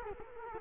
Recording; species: mosquito wingbeat signal from an infrared sensor; Culex quinquefasciatus